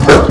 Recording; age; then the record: pig call; growing-finishing pig (85 days or more)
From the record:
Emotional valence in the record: positive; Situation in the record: run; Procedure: transit